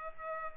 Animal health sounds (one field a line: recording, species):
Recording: mosquito wingbeat signal from an infrared sensor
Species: Culex pipiens